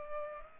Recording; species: mosquito wingbeat signal from an infrared sensor; Culex pipiens